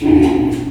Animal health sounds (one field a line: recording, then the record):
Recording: squeal of a Yucatan mini pig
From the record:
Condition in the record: before surgery on the right vocal fold (resection and tissue-engineered implant)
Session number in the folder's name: 1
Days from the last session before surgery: -21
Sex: female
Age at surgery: 19 weeks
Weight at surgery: 25 kg